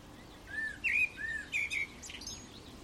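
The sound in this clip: Bird giving short, slurred whistled chirps, several rising and falling notes in a quick cluster over steady background hiss.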